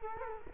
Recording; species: mosquito wingbeat signal from an infrared sensor; Culex quinquefasciatus